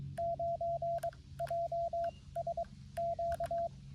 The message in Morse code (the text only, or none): 9JSQ